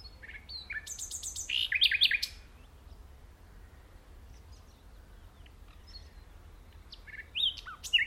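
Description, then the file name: Common nightingale singing short varied phrases of sharp chirps, whistles and rapid buzzy trills, separated by a long pause before a final burst. "Luscinia megarhynchos"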